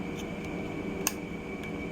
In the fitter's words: and you heard it snap